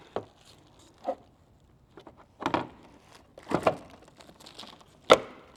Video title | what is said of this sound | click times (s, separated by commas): Installing Morimoto XB Gen 2 LED tail lights for the 5th Gen 4runner! | And then as soon as it's in place, you should hear it click into place. | 5.1 s